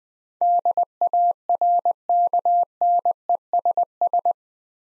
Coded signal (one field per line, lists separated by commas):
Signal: Morse code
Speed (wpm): 20 wpm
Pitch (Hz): 700 Hz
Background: none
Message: DARKNESS